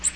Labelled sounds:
Magnolia Warbler flight call

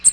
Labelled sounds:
American Redstart flight call

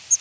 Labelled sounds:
Palm Warbler flight call

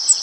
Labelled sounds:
Cape May Warbler flight call

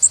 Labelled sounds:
Connecticut Warbler flight call

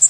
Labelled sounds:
Blackpoll Warbler flight call

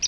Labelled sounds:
Palm Warbler flight call

